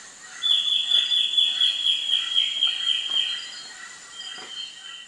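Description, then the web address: Immaculate Antbird calling a steady run of short whistled notes, about four per second for three seconds, over a high hiss and faint background clicks. Ecuador. "Natures Songs S America Birds of Ecuador Immaculate Antbird"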